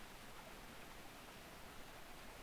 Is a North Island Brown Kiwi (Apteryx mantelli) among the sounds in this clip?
no